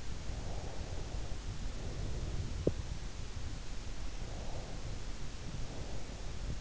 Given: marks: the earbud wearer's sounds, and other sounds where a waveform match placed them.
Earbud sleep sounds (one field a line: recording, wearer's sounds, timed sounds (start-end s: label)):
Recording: sounds in sleep by an in-ear microphone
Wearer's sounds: breath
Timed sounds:
0.15-2.55 s: breath
3.98-6.61 s: breath